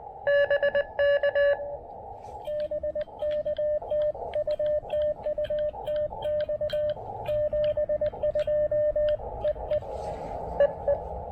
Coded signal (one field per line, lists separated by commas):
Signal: Morse code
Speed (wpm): 20 wpm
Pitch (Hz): 590 Hz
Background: radio noise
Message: BK BK TU TU TX 72 EE EE